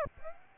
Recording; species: mosquito wingbeat signal from an infrared sensor; Aedes aegypti